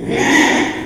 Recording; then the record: squeal of a Yucatan mini pig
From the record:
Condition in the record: after surgery on the right vocal fold (resection and tissue-engineered implant); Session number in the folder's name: 3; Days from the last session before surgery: 33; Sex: male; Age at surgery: 12 weeks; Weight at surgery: 13 kg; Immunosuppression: cyclosporine, prednisolone